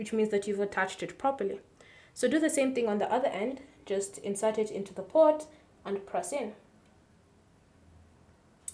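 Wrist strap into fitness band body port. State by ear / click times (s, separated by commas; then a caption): seated / 8.7 s. Someone talks while a second wrist strap is inserted into the other port of a Huawei Band 10 fitness band body and pressed in. After a quiet stretch, a sharp click at 8.7 s marks the latch engaging and the strap seating.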